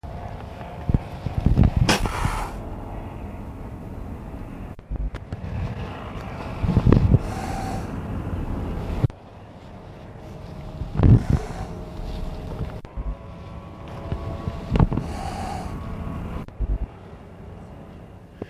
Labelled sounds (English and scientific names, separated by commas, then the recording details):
Wildcat (Felis silvestris) hissing
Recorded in captivity
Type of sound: call, hiss
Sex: male
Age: adult
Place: Tierpark Berlin, Berlin, DE
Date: 1964-09-23 17:00
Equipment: Telefunken Magnetophon 300, Sennheiser MD 421, Transistorverstärker, Kopie Smaragd
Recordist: Tembrock, Günter
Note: Wahrscheinlich Männchen, sitzt vorn am Gitter: 1 x Stoßlaut und Fauchen, dann Fauchen gegen Beobachter. Abstand: 3 m